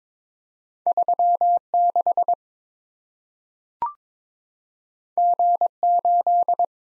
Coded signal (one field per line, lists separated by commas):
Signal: Morse code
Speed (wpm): 22 wpm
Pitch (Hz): 700 Hz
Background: none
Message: 36G8